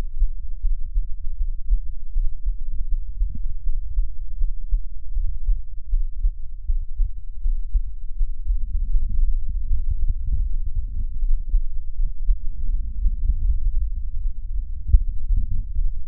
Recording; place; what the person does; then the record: lung sounds by stethoscope; left anterior apical chest; quiet breathing, then deep breathing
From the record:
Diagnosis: interstitial lung disease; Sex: male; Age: 47 years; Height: 159 cm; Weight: 66.8 kg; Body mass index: 26.4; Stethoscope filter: bell mode